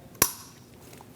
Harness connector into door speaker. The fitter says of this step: Push until you hear a click.